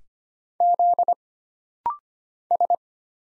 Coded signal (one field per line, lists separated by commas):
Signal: Morse code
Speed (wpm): 25 wpm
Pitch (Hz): 700 Hz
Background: none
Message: Z S